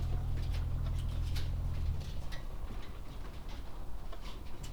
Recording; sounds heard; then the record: poultry house recording; no chicken sound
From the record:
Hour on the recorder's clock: 18